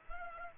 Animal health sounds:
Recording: mosquito wingbeat signal from an infrared sensor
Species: Culex pipiens

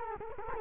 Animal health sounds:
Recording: mosquito wingbeat signal from an infrared sensor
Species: Culex quinquefasciatus

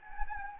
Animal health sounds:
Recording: mosquito wingbeat signal from an infrared sensor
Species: Anopheles gambiae

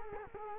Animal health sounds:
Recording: mosquito wingbeat signal from an infrared sensor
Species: Culex quinquefasciatus

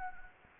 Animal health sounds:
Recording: mosquito wingbeat signal from an infrared sensor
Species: Anopheles gambiae

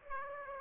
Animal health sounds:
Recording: mosquito wingbeat signal from an infrared sensor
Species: Aedes aegypti

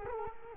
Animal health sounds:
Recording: mosquito wingbeat signal from an infrared sensor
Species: Culex quinquefasciatus

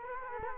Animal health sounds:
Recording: mosquito wingbeat signal from an infrared sensor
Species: Culex quinquefasciatus

